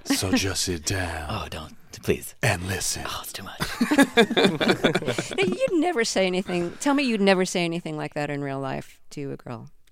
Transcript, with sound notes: So just sit down.
Oh don't, please.
And listen.
Oh, it's too much.
(LAUGHTER)
Now, you'd never say anything - tell me you'd never say anything like that in real life to a girl.